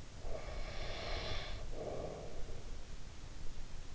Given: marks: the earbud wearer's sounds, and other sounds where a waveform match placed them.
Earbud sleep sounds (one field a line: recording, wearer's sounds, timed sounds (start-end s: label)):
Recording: sounds in sleep by an in-ear microphone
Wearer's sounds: breath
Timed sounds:
0.00-3.08 s: breath